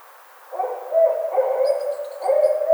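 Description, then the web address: Barred owl hooting: after a brief quiet start, loud wavering hoots and drawn wails. Recorded 25 May 2009. "Barred Owl 2009 05 25"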